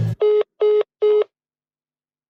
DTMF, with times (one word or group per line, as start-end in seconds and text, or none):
none